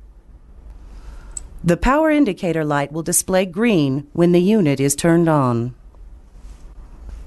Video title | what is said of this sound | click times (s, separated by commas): Travel Nebulizer - Battery Operated Portable Nebulizers - The Demo | then push toward the traveler until the battery clicks into place | 1.4 s